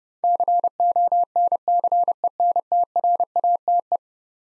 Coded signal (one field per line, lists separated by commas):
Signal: Morse code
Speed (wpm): 30 wpm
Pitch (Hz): 700 Hz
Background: none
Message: CONCENTRATE